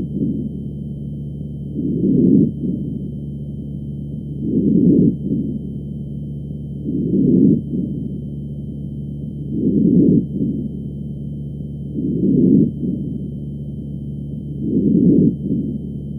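Vesicular breath sounds heard over an adult chest with a stethoscope: soft, low-pitched breath noise mostly below about 700 Hz. There are about six breaths in 16 seconds, roughly 24 per minute.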